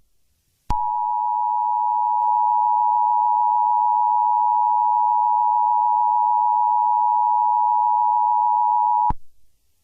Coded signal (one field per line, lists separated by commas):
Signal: Emergency Alert System (SAME) tones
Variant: 853 and 960 Hz attention tone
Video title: EAS Scenario Two: Werewolf Invasion: Resistance and Redemption.